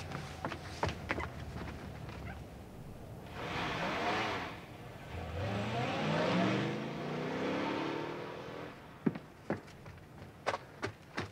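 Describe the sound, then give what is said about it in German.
A few sharp clicks and thumps, then a car engine roars to life, revs with a rising whine and pulls away over several seconds, followed by a handful of crisp knocks. “Ich habe meinen Wagen um die Ecke stehen. Entschuldigen Sie, also gehen wir.”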